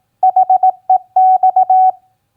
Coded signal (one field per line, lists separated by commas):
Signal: Morse code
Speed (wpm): 18 wpm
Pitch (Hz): 750 Hz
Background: none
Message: HEX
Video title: Morse Code Practice QSO Elements Q7b OCFD-BEAM-HEX 18wpm